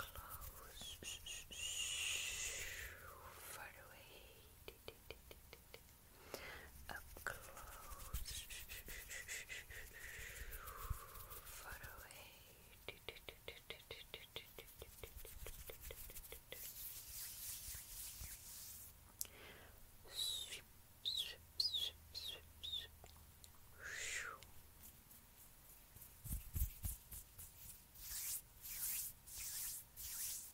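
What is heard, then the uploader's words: Dry finger flutters and hand taps come in quick trains of clicks, alongside mouth sounds that swoop up and down like chirps in the first ten seconds. Later, breathy hissing bursts arrive in a steady, panting rhythm near the end. ASMR FINGER FLUTTERING, HAND SOUNDS, HAND MOVEMENTS, AND MOUTH SOUNDS.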